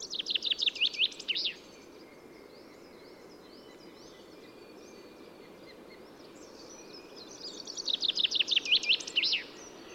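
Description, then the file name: Common chaffinch singing two full songs about eight seconds apart, each a series of sharp notes ending in a flourish, with faint chirps between. "Fringilla coelebs"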